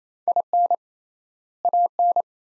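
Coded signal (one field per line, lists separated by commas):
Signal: Morse code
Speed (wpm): 27 wpm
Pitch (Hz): 700 Hz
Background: none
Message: IN AN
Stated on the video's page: Morse code word-pair practice at 28 wpm with 3x word spacing, a Farnsworth-like method applied to words; each pair sent in Morse, then spoken.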